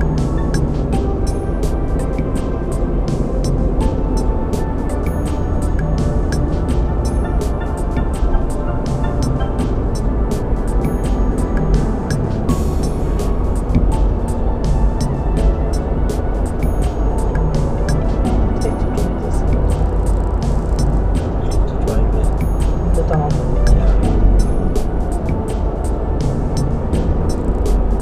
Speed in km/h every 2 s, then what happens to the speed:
56, 63, 66, 61, 60, 63, 68, 69, 71, 72, 72, 66, 63, 63.
0-3 speeds up to 66. 3-8 steady at about 61. 8-17 speeds up to 72. 21-28 slows to 63.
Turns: none.